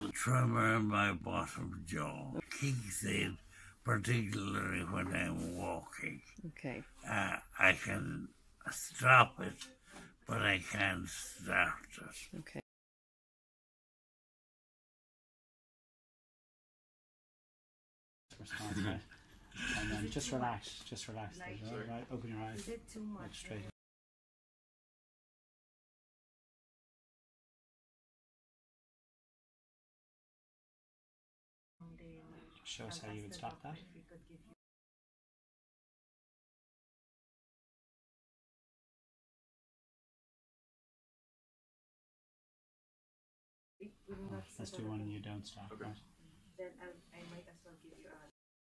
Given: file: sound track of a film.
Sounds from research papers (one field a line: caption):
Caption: We can clearly hear a spastic dysarthria.